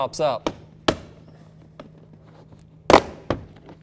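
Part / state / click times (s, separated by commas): window switch panel clips in door trim / released / 0.9 s, 3.0 s, 3.3 s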